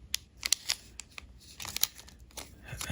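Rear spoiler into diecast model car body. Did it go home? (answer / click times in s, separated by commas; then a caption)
no / none. A small loose rear spoiler is pressed against the body of a diecast model car, producing a few sharp, light plastic-and-metal taps around 0.1–0.7 s and again near 1.8 s, with soft handling rustle in between. It does not snap into place and nothing has seated or clicked; it looks like it would need glue. Someone talks.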